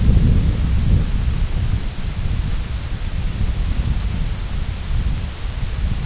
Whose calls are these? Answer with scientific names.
none